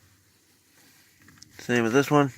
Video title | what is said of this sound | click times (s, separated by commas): Part 2 how to change a clock spring 2005 pontiac vibe gt | This slides in till it clicks. | 1.4 s